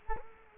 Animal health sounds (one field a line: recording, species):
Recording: mosquito wingbeat signal from an infrared sensor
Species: Culex quinquefasciatus